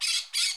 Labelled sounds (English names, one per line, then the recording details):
Brown-throated Parakeet contact call
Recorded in Curacao
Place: Hoffi Jan Thiel
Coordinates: 12.094, -68.877